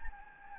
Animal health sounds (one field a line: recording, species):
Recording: mosquito wingbeat signal from an infrared sensor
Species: Anopheles gambiae